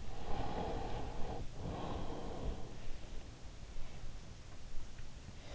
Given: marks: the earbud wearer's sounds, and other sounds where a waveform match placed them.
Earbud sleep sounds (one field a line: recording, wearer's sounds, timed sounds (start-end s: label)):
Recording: sounds in sleep by an in-ear microphone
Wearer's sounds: breath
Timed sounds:
0.00-3.32 s: breath